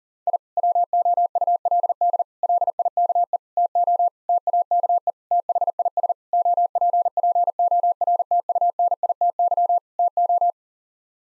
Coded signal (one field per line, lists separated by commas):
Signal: Morse code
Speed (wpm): 40 wpm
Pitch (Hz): 700 Hz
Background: none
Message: I WOULD LIKE TO TAKE THIS OPPORTUNITY TO